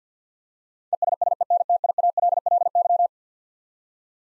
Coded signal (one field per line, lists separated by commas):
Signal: Morse code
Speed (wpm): 50 wpm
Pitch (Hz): 700 Hz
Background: none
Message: ESSENTIALLY